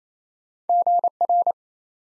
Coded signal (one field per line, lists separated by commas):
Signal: Morse code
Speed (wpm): 27 wpm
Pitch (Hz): 700 Hz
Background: none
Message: GR